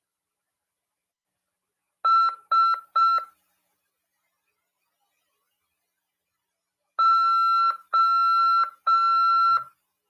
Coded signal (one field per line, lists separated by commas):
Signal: Morse code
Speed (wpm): 5 wpm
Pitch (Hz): 1350 Hz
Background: none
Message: S O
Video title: RADIOAMADOR 14/9/2022 "AULA 5: CW, COM. RODADA e LEGISLAÇÃO" CRASP PY2EXU PAULO SP/SP HAM RADIO.